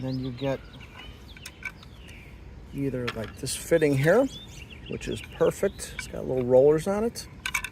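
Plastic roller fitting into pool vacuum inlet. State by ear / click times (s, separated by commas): seated / 7.5 s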